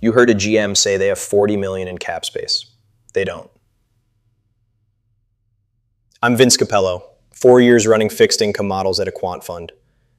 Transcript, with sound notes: You heard a GM say they have forty million in cap space. They don't. [pause] I'm Vince Capello. Four years running fixed income models at a quant fund.